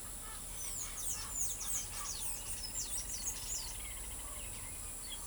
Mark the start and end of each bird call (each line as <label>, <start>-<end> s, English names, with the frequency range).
Blue-gray Tanager (3.6-21.8 kHz), 0.00-3.76 s
Chestnut-winged Chachalaca (0.8-3.3 kHz), 0.00-5.26 s
Straight-billed Woodcreeper (1.7-3.7 kHz), 2.46-4.74 s